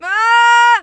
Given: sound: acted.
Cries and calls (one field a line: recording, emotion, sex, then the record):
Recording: nonverbal affect burst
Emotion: fear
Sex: female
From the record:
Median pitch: 467 Hz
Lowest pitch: 274 Hz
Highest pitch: 477 Hz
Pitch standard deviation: 49 Hz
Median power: 84.5 dB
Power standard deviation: 9.9 dB